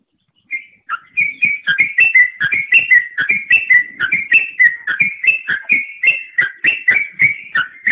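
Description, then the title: Oriental magpie-robin singing after a short silence, a fast steady series of clear whistled notes alternating high and low. "Kicau Kacer"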